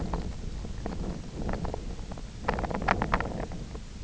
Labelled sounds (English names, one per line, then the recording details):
none
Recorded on Arctic tundra, site IGLO-F, on 24 June 2018
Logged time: 20:00